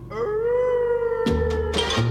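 Dogs howl in a long, sustained, wavering tone with rich harmonics, followed by shorter overlapping howls and yelps near the end. No talking.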